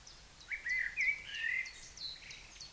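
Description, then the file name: Common blackbird giving a low, fluty warbled phrase lasting about a second, with faint high chips and thin twittering above it. "Turdus merula"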